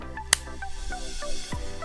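The plastic buckle of a survival bracelet worn on the wrist snaps shut with a sharp click at 0.3 s over steady electronic music. The buckle is seated and closed.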